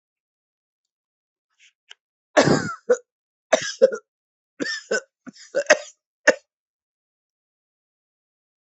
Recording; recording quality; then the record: heavy voluntary cough; excellent, no background noise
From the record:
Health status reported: healthy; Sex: male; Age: 34 years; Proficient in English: yes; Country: India